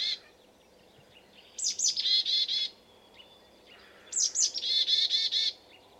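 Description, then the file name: Marsh tit calls: two bursts, each a couple of sharp high notes followed by a run of nasal, buzzy 'dee' notes. "Poecile palustris"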